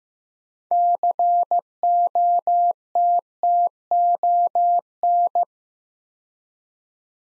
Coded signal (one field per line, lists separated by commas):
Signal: Morse code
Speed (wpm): 15 wpm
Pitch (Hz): 700 Hz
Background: none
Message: COTTON